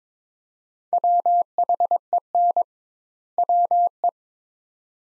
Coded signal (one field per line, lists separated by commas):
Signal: Morse code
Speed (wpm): 22 wpm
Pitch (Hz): 700 Hz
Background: none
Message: WHEN WE